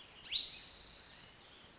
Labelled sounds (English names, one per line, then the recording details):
Spotted Towhee
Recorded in Sonoma County, California